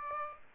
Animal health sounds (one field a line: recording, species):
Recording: mosquito wingbeat signal from an infrared sensor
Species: Aedes aegypti